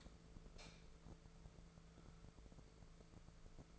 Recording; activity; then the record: daily activity, microphone in the room; light on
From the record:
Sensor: 5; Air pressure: 1014.8 hPa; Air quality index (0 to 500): 172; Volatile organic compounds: 6 ppm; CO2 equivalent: 1891 ppm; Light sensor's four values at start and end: 83/198/83/89 and 71/172/71/75